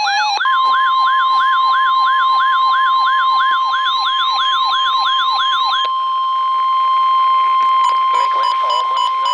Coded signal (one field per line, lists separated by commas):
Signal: Emergency Alert System (SAME) tones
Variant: 1050 Hz attention tone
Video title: 4 Flood Warnings-2 from NWS State College, PA and 2 from NWS Mount Holly, NJ {EAS #1041-1044}